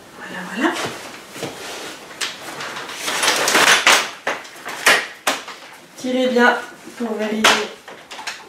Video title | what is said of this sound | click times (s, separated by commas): Reportage Bébé Confort Loola 2 | leci on entend des petits clics de chaque côté en fait vérifier que les barres soit bien enclanché de chaque côté | 3.9 s, 4.3 s, 4.9 s, 5.3 s